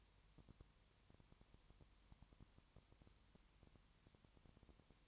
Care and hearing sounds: daily activity, microphone in the room; no activity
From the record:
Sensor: 3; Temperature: 21.1 degrees Celsius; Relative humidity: 37.0%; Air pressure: 1010.6 hPa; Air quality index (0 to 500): 204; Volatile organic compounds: 31 ppm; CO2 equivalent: 2980 ppm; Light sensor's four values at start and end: 2/3/2/2 and 2/3/2/2

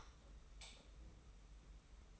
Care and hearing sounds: daily activity, microphone in the room; light off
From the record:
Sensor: 1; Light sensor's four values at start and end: 26/66/27/29 and 23/52/22/24

